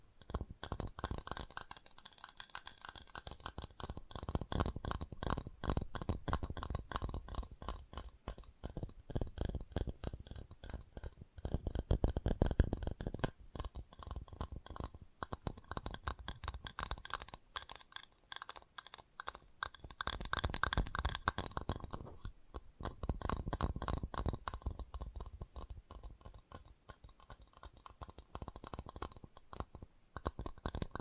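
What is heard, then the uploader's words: Fast tapping runs almost without pause for the whole half minute, a dense stream of sharp little clicks with a slightly scratchy edge. The pace stays quick and fairly even, with brief thinner patches near 2, 18 and 22 seconds before it picks back up. FAST TAPPING (No Talking).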